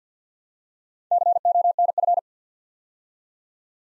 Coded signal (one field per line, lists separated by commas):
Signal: Morse code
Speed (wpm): 50 wpm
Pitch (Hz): 700 Hz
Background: none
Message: CONF